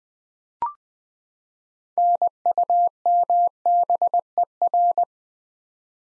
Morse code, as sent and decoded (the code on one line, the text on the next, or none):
-. ..- -- -... . .-.
NUMBER